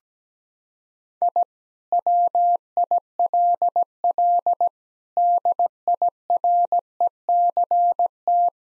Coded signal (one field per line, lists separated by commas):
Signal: Morse code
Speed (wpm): 17 wpm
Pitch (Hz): 700 Hz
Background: none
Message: I WILL DIRECT